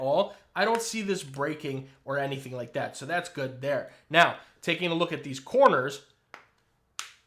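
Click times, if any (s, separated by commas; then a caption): 6.3 s, 7.0 s. Someone talks about a Caudabe Paragon protective case for a Samsung Galaxy S25 Ultra, made of a TPU-style shock polymer, then presses its first corner onto the phone. Two short snaps are heard at 6.3 s and 7.0 s as that corner seats onto the phone.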